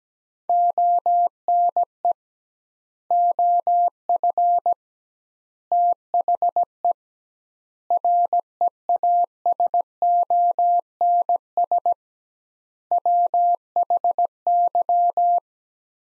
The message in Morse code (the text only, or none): ONE OF THE REASONS WHY